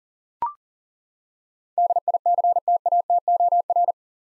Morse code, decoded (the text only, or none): DICTATOR